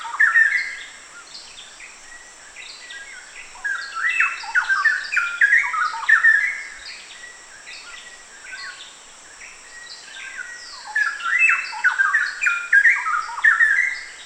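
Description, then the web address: Straw-headed bulbul singing in repeated gurgling bursts of quick, liquid warbled notes, several phrases throughout with short gaps, over a continuous high insect drone. Recorded at Danum on 1 August 2009. "DANUM 20090801. straw-headed bulbul"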